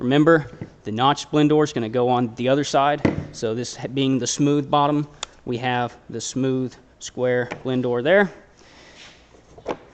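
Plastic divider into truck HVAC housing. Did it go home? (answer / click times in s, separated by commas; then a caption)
yes / 9.7 s. Someone talks while installing new aluminum blend doors from Blend Door USA, including the smooth square blend door, in the HVAC housing of a 4th Gen Dodge Ram truck. A plastic divider is pressed into the housing over the blend doors and gives a sharp click at 9.7 s as it snaps into place and seats.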